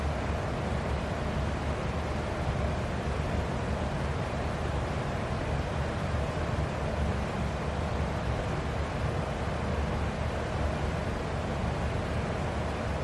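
A fan runs with a steady, unbroken whoosh that holds the same level from start to finish. The sound is dense and weighted toward the low end, with a deep rumbling hum underneath and a softer hiss above. No other sounds break through.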